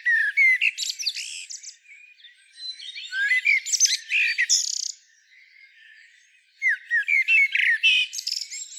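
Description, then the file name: Common blackbird uttering rapid chirps, short whistles and scratchy twittering in three bursts with brief quiet pauses between them. "Turdus merula"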